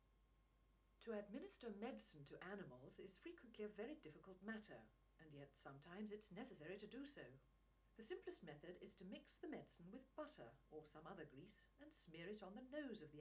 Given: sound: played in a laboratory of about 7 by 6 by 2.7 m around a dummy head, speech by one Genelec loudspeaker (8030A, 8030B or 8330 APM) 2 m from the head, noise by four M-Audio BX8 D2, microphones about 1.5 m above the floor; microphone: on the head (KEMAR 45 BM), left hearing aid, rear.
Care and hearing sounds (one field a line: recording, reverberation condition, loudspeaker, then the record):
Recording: female speech in English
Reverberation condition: low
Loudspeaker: 60 degrees to the left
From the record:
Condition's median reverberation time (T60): about 310 ms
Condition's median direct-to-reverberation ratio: about 3.5 dB